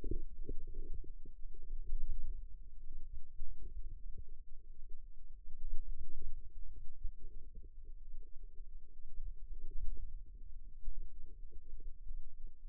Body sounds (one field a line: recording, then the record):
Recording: forearm muscle sounds (acoustic myography)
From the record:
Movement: wrist flexion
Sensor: system 2, bracelet of six BSWA MPA416 microphones around the upper forearm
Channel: 5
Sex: female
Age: 22 years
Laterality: right